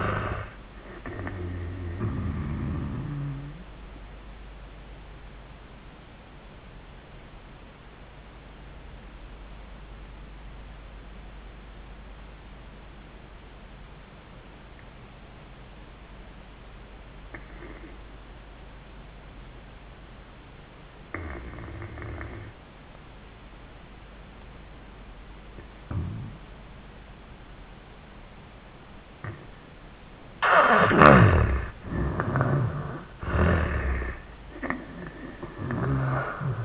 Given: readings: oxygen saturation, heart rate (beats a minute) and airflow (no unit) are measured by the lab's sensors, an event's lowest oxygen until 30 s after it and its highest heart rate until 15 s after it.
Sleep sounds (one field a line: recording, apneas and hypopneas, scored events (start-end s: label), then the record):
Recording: breathing in sleep by a voice recorder at the bedside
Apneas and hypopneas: 1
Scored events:
5.00-30.60 s: obstructive apnea (N1, oxygen 97% highest, then 80% lowest, heart rate 92 at the start, 97 highest)
From the record:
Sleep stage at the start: N1 (lightest sleep)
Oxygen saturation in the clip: 75 to 97%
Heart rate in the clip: 75 to 95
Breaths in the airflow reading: 3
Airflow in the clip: -19.7 to 10.1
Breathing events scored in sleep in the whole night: 400 in 8.7 hours asleep